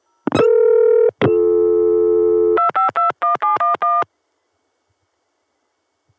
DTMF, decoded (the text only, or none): 2521711